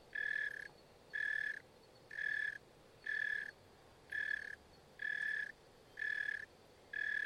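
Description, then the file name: Cicada song: steady, tonal buzzing pulses, each about half a second long, repeated roughly once a second in an even rhythm over a quiet background. "cikada"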